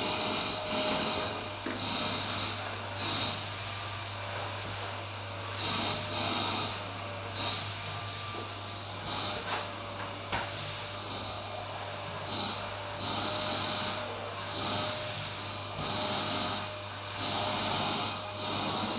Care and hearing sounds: daily activity, microphone in the room; vacuum cleaning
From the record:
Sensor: 2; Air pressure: 991.7 hPa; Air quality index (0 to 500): 203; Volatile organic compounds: 1000 ppm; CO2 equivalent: 6707 ppm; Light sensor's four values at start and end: 26/81/31/29 and 25/80/31/29

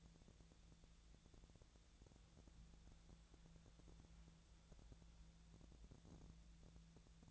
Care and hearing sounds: daily activity, microphone in the room; wipe stove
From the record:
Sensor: 3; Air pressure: 1000.5 hPa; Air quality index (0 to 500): 180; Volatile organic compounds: 4 ppm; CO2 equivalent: 1558 ppm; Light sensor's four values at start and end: 12/29/12/13 and 12/30/12/13

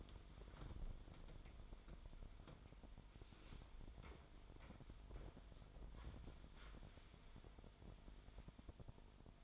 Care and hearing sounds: daily activity, microphone in the room; wipe stove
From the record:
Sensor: 5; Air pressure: 1003.3 hPa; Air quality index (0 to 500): 143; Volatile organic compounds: 2 ppm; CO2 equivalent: 1042 ppm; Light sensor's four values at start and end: 36/80/36/41 and 37/83/37/42

